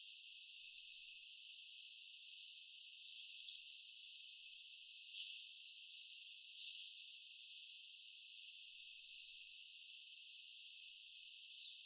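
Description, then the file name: Eurasian blue tit repeating high, thin calls, each a sharp note dropping into a short buzzy trill, in four bouts spread throughout. "Cyanistes caeruleus"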